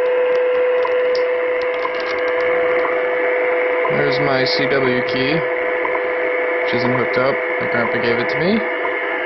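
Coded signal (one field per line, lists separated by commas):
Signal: radio time signal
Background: speech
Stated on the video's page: WWV received on a Yaesu FT-450AT using a 2-metre/440 vertical antenna instead of a dipole.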